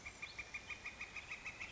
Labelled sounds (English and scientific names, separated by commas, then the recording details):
Northern Flicker (Colaptes auratus)
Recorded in Sonoma County, California